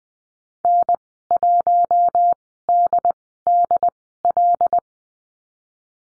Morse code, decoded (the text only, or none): N1DDL